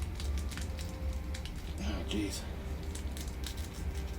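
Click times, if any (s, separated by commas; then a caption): none. A plastic alternate head is pushed onto the neck peg of a NECA Marty McFly (1985) Back to the Future action figure, while someone talks over short plastic taps and scrapes. The head does not go on because the collar and back piece hit the hair sculpt, so nothing has seated or clicked yet.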